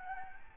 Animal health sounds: mosquito wingbeat signal from an infrared sensor; Aedes albopictus

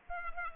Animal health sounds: mosquito wingbeat signal from an infrared sensor; Culex pipiens

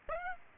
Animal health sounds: mosquito wingbeat signal from an infrared sensor; Aedes aegypti

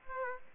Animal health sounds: mosquito wingbeat signal from an infrared sensor; Aedes aegypti

